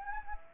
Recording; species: mosquito wingbeat signal from an infrared sensor; Anopheles gambiae